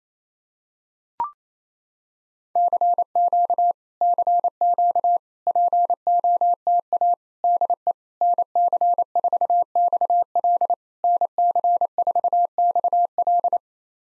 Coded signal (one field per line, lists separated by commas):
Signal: Morse code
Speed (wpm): 28 wpm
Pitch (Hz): 700 Hz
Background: none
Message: CQ CQ POTA DE NC4XL NC4XL